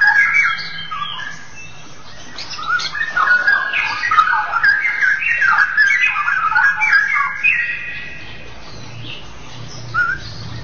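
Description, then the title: Oriental magpie-robin song, dense warbling and whistled phrases, loudest and busiest in the middle. "Kicau Kacer"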